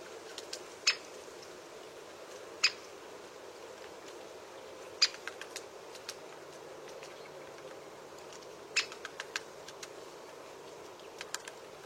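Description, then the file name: Great spotted woodpecker uttering short, abrupt kik notes, spaced unevenly with brief clusters of fainter clicks, against constant hiss. "Canto do pica pau malhado grande"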